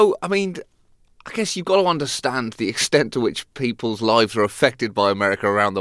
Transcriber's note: none